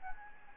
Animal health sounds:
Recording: mosquito wingbeat signal from an infrared sensor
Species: Anopheles gambiae

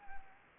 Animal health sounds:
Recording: mosquito wingbeat signal from an infrared sensor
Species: Anopheles arabiensis

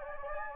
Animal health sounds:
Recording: mosquito wingbeat signal from an infrared sensor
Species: Anopheles gambiae

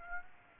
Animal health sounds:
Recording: mosquito wingbeat signal from an infrared sensor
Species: Aedes aegypti

